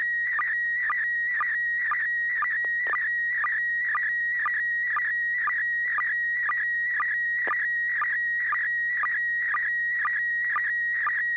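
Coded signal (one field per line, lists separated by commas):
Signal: SSTV (slow-scan television)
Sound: warbling high tone with rapid regular chirps, about two per second, throughout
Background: low hum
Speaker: you got hit by the the repeater ID um we're GNA go to Joel this time ai6 DG uh Joel tell us what you think very clean reception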